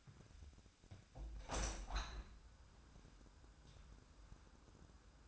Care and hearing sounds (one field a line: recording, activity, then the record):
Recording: daily activity, microphone in the room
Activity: open window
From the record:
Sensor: 2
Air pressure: 997.8 hPa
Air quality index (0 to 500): 130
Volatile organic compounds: 3 ppm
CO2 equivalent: 1467 ppm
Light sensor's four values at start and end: 11/32/13/12 and 11/32/13/12